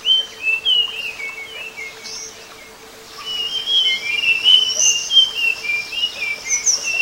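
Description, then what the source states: Flycatcher song of thin whistles and twittering phrases, over background hiss and a faint steady hum. Flycatcher song presented as bird therapy (terapi).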